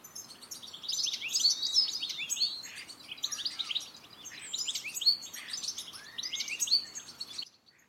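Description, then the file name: European goldfinch song, a busy run of tinkling, twittering notes and quick buzzy trills in bursts, with short pauses between phrases. "cardellino"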